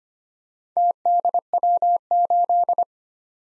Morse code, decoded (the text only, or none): TDW8